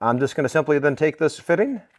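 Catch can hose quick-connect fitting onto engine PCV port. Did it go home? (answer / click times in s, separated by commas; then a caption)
no / none. Someone talks while handling the catch can's PCV hose quick-connect fitting on a Ranger Raptor, about to press it down onto the engine PCV port under the air manifold. Only speech is heard, and nothing has seated or clicked yet.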